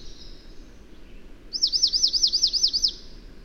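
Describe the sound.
Bird song: a quiet stretch, then a rapid run of several high, falling chirps lasting under two seconds.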